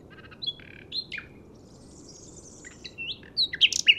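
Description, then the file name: Common nightingale singing scattered varied phrases of chirps, slurred whistles and short buzzy notes, growing louder and denser near the end, over a low steady rumble. "Luscinia megarhynchos"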